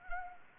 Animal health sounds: mosquito wingbeat signal from an infrared sensor; Anopheles arabiensis

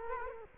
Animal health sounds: mosquito wingbeat signal from an infrared sensor; Culex quinquefasciatus

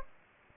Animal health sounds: mosquito wingbeat signal from an infrared sensor; Aedes aegypti

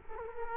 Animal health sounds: mosquito wingbeat signal from an infrared sensor; Culex quinquefasciatus

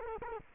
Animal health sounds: mosquito wingbeat signal from an infrared sensor; Culex quinquefasciatus

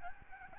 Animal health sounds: mosquito wingbeat signal from an infrared sensor; Aedes albopictus

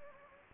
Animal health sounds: mosquito wingbeat signal from an infrared sensor; Anopheles gambiae

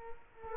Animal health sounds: mosquito wingbeat signal from an infrared sensor; Culex quinquefasciatus

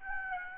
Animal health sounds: mosquito wingbeat signal from an infrared sensor; Aedes aegypti

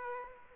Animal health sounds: mosquito wingbeat signal from an infrared sensor; Aedes aegypti

